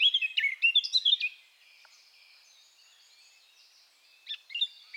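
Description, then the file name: Eurasian blackcap giving a brief scratchy warbled phrase of fast high notes, then quiet, with a short warble returning near the end. "Sylvia atricapilla"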